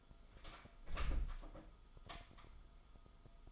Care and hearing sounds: daily activity, microphone in the room; close door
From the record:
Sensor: 5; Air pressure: 1005.1 hPa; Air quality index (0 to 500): 95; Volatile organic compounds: 2 ppm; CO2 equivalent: 1149 ppm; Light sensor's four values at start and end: 35/81/32/31 and 35/81/33/31

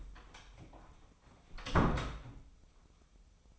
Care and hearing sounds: daily activity, microphone in the room; close door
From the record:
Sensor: 1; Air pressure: 996.2 hPa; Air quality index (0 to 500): 39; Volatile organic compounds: 1 ppm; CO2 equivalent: 759 ppm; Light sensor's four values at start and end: 14/34/14/16 and 14/33/14/16

